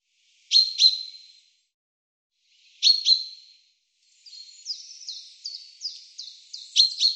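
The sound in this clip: Bird calls, two paired sharp high chirps spaced apart, then a faster series of clipped notes ending in another sharp double chirp.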